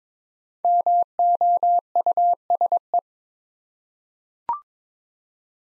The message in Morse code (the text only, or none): MOUSE